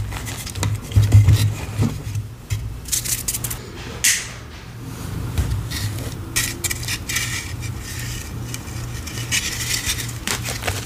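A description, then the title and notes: Soft gym chalk is crushed in irregular crackly, crunchy bursts, with louder grinding near four seconds over a steady low hum. Fluffy Fuchsia Reformed Gym Chalk Roses & Hearts. Rolling Pin Crush. Soft fluffy reformed gym chalk ASMR crushing sounds.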